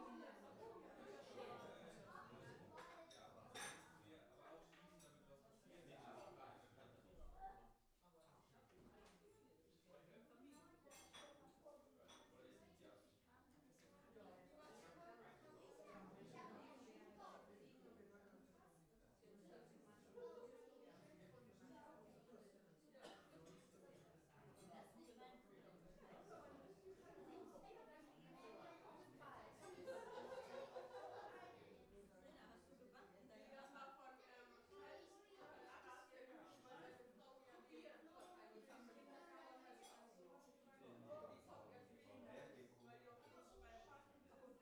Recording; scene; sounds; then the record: everyday scene through a hearing-aid microphone; many people talking; many voices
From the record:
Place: parish hall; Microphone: behind the ear, right, rear